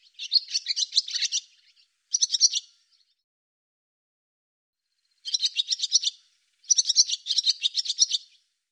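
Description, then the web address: Barn swallow twitter in four separate bursts of fast, high chirping notes, with a long quiet gap in the middle. "cianscape birddata Deverinetal 2025"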